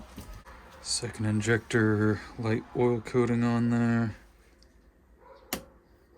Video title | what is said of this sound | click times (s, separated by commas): WRX ID1050x Injector Install, Intake and Wiring Harness Install | pops right in | 5.5 s